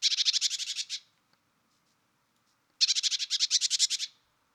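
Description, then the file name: Great tit churring: two harsh, rapid rattles of about a dozen buzzy notes each, separated by nearly two seconds of quiet. "Parus major"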